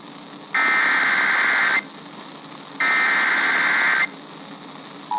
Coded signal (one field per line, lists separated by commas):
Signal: Emergency Alert System (SAME) tones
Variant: header bursts